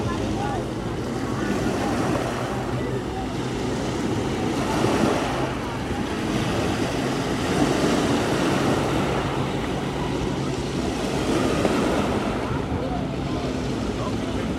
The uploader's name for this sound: a sunny day at the beach